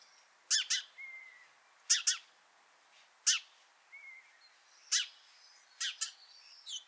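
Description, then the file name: House sparrow chirps, some given as quick doubled notes, in several bursts. Thin faint whistles slide in between. "Passer domesticus"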